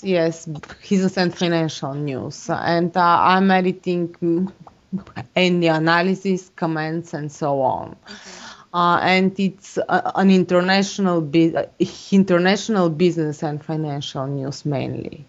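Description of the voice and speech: Adult male speech with stretched word endings, pauses and a broken-off restart, consistent with mild stuttering. The speaker is an adult who has stuttered since childhood.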